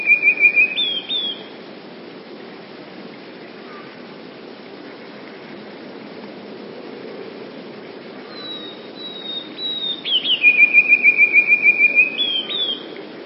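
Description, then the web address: Eurasian blue tit: the tail of a trill opens, then after a long lull a high descending note leads into a fast, ringing, evenly repeated trill. "wroblowe teka spiew modraszkoteka"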